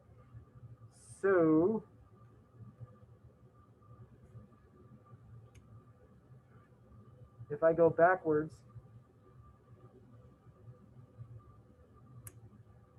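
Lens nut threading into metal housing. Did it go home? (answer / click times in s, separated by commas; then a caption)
yes / 12.3 s. A metal lens nut is turned counterclockwise in its fine-threaded metal housing while someone talks. A sharp, faint click at 12.3 s is the thread start dropping in and seating, showing the thread is centred before tightening.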